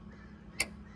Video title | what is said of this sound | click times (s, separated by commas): Battery Hold Down Bracket Replacement w/ Battery Tray Removal on 2nd Gen Dodge (1998 Ram 1500) | Right there. Push till it clicks. | 0.6 s